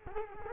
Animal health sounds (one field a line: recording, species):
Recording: mosquito wingbeat signal from an infrared sensor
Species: Culex quinquefasciatus